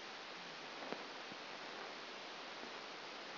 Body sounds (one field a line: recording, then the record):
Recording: brain microelectrode recording played as sound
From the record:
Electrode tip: outside the subthalamic nucleus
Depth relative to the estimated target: 3.5 mm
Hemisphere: left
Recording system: AlphaMap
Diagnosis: Parkinson's disease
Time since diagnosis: 11 years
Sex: female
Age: 60 years